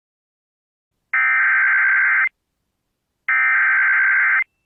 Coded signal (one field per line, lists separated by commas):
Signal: Emergency Alert System (SAME) tones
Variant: header bursts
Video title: (ARCHIVED) AMBER ALERT CHAOS. EAS alerts from 7/7/23 (EAS #86-90)